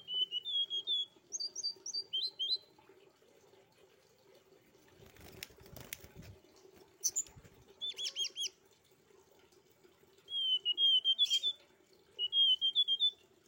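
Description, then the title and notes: Streaked spiderhunter singing short bursts of high, rapid notes separated by silences, with a brief noise in the middle and a low hum throughout. Bird singing actively (gacor) with a clear, long song; masteran training recording for cage birds. "Pijantung Gunung Gacor Jernih Panjang. Masteran burung"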